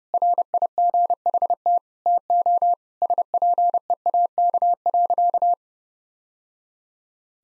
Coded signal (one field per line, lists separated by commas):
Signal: Morse code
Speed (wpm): 32 wpm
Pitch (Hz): 700 Hz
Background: none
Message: RIGHT TO SPEAK.